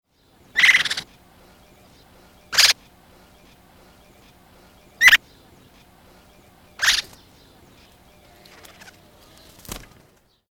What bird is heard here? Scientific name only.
Garrulax pectoralis